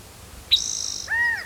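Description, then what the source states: Spotted Towhee call: a sharp opening note leading into a buzzy trill lasting about half a second, followed by a lower, clear, arched whistled phrase. Spotted towhee number three in a series, calling, thought by the recordist to be a different male; each call counted aloud.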